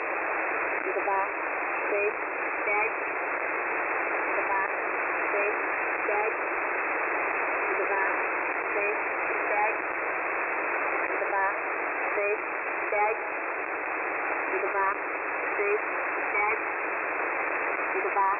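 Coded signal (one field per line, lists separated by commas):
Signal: numbers station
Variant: S06s, Russian female voice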